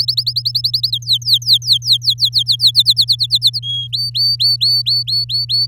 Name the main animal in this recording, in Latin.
Serinus canaria